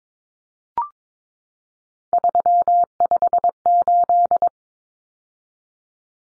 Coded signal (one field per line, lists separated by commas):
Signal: Morse code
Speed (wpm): 22 wpm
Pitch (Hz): 700 Hz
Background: none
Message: 358